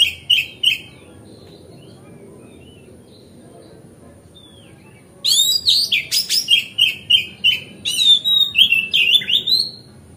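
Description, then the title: Oriental magpie-robin song: a brief burst of sweet whistles, a pause, then a long run of rapid, varied whistled and buzzy notes with sharp chips. Song-tutoring (masteran) recording made on a terrace. "Kacer Masteran Teras"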